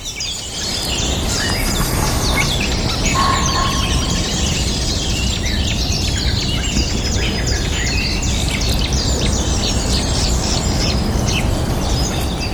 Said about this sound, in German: der aber dadurch, dass er so schön rummeandert, das Ganze in ein Riesensumpfgebiet verwandelt. Und man schaut quasi auf Röhricht, Weiden, Binsen, Dickicht und hört das, was Sie jetzt hören.